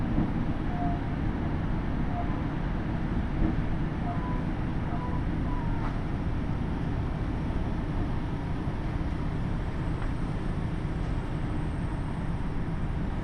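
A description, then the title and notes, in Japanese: A KiHa 75 diesel train runs on the Takayama Line from Gifu toward Mino-Ota, with a steady, dense low rumble at an even level throughout. Faint short tones drift above it early on, a single click lands near six seconds, and a thin high whine appears toward the end. 高山本線 岐阜→美濃太田（キハ75）。車両はキハ75系で快速みえ号にも使われています。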